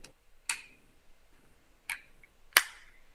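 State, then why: Seated. The hinged plastic cockpit canopy of a brick-built COBI toy plane is closed so its new latch engages, with several sharp clicks in a quiet space. The two loudest, at 0.5 and 2.6 seconds, are the latch snapping shut and the canopy seating, with fainter ticks around them.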